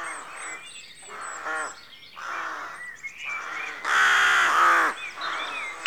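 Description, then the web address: Rooks cawing repeatedly, harsh grating calls, one loud burst late on, with songbirds twittering behind. Rookery at dawn, rural exterior atmosphere. "The BBC Sound Effects Library - Complete 60 CDs Collection Sound Effects Library-52 (Exterior Atmospheres-Rural Backg) Rookery Dawn"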